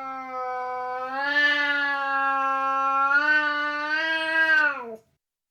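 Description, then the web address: Burmese cat giving one long, steady, drawn-out yowl lasting about five seconds, swelling slightly, then sliding down in pitch at the end. "The BBC Sound Effects Library - Complete 60 CDs Collection. Burmese Cat Hisses Twice And Long"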